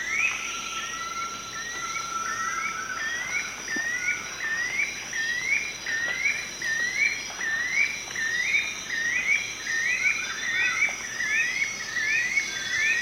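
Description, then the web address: Spotted puffbird producing a long, regular series of rising whistles while insects drone continuously in the background. Eastern lowlands of South America. "Natures Songs S America Eastern Lowlands. Spotted Puffbird"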